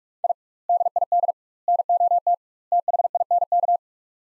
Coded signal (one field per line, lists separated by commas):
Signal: Morse code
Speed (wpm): 46 wpm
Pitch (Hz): 700 Hz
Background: none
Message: I DID NOT THINK